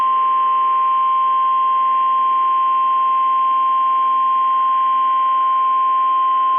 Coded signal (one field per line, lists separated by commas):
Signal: Emergency Alert System (SAME) tones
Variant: 1050 Hz attention tone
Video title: Minnesota AND Wisconsin Test Tornado Warning EAS 4 7 2022 6 45 PM